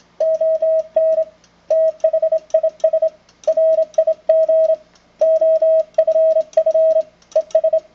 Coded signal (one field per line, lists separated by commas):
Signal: Morse code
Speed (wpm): 26 wpm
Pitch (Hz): 640 Hz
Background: none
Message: ON THIS RIG OFF ES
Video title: Collins 32V2 - 75A4 QSO N4LQ and WB4DBO